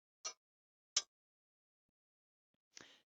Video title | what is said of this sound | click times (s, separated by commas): Robert Sorby Proedge Monthly maintenance, with Table Mod & new Diamond belt #RobertSorby #proedge | you get that satisfying little click as it starts to undo itself | 1.0 s